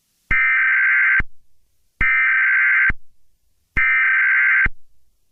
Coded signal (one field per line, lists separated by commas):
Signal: Emergency Alert System (SAME) tones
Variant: header bursts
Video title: EAS Broadcast: "STARMAN"